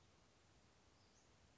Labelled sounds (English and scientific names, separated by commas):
Western Flycatcher (Empidonax difficilis)